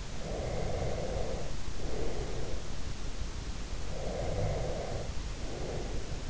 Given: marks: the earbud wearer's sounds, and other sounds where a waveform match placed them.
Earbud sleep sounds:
sounds in sleep by an in-ear microphone; breath
0.15-2.76 s: breath
3.83-6.30 s: breath

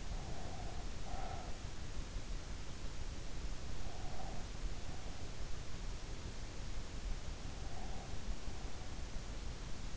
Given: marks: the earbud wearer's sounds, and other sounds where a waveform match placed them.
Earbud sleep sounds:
sounds in sleep by an in-ear microphone; breath
0.00-1.65 s: breath
3.69-5.61 s: breath
7.38-9.03 s: breath

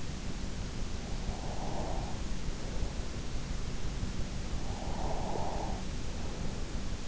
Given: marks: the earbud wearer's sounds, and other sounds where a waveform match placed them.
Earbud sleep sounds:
sounds in sleep by an in-ear microphone; breath
0.34-3.37 s: breath
3.83-7.08 s: breath

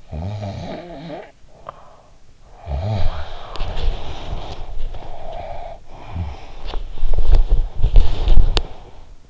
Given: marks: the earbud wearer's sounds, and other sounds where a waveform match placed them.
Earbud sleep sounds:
sounds in sleep by an in-ear microphone; snoring breath, body movement, breath
0.09-2.06 s: snoring breath
2.58-4.59 s: snoring breath
3.35-9.09 s: body movement
4.82-6.64 s: breath
6.77-9.30 s: breath

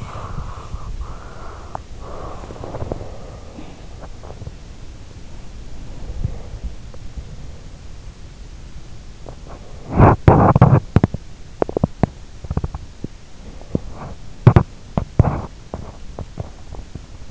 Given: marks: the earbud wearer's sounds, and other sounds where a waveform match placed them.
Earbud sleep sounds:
sounds in sleep by an in-ear microphone; breath, teeth grinding
0.00-1.91 s: breath
1.55-4.27 s: teeth grinding
2.13-3.78 s: breath
9.27-17.31 s: teeth grinding

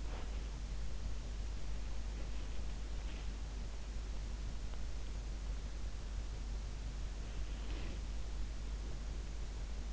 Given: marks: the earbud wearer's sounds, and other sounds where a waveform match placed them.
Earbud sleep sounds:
sounds in sleep by an in-ear microphone; body movement
0.00-0.56 s: body movement
2.26-3.36 s: body movement
7.65-8.13 s: body movement

